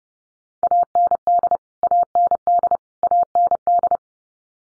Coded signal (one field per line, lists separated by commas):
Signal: Morse code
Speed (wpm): 30 wpm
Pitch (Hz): 700 Hz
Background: none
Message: AND AND AND